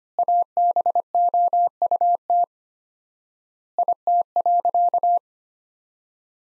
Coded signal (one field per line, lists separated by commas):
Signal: Morse code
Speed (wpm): 25 wpm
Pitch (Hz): 700 Hz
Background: none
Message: ABOUT IT.